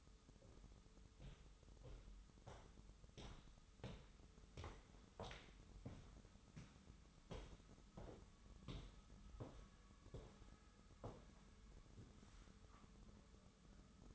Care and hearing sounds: daily activity, microphone in the room; walk to room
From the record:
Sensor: 3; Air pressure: 988.2 hPa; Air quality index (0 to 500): 180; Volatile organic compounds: 180 ppm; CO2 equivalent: 4143 ppm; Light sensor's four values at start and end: 24/75/31/27 and 24/74/31/27

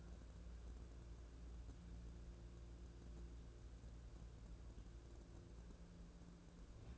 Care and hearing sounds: daily activity, microphone in the room; wipe stove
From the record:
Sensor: 2

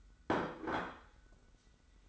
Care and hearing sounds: daily activity, microphone in the room; place plate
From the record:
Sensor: 3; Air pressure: 990.8 hPa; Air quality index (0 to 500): 147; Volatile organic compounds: 400 ppm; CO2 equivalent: 4671 ppm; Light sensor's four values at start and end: 40/96/39/36 and 40/96/39/36

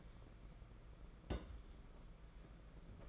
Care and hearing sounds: daily activity, microphone in the room; place on stove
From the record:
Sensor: 5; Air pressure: 992.1 hPa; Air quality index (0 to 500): 210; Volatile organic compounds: 1000 ppm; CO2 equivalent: 6079 ppm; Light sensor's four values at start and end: 7/17/7/8 and 7/17/7/8

